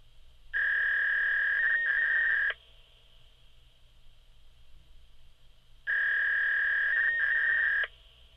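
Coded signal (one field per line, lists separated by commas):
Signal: fax machine handshake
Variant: V.21 300-baud FSK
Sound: two two-second bursts of a steady buzzy mid-pitched tone with a brief warble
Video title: Fax Machine sound |Sound Effect Studio|2020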